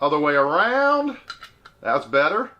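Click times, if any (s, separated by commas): none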